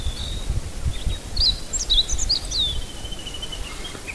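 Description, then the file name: Meadow bunting singing one quick phrase of sharp, slurred high notes trailing into a thin buzzy note, over low rumbling background noise. Recorded 26 May 2008. "hutte 080526 hojiro"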